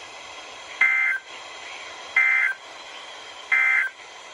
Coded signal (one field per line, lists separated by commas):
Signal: Emergency Alert System (SAME) tones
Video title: EAS 1145-1174 (12/10 & 12/11/21)